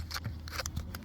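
On a 2010–2018 Ford Focus MK3, the plastic/rubber dust cap is pushed back onto the rear of the headlamp housing after replacing a blown headlight bulb. Sharp, short clicks are heard at about 0.7 s and 1.0 s as it seats, and the cap ends up fully back on.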